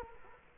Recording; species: mosquito wingbeat signal from an infrared sensor; Culex quinquefasciatus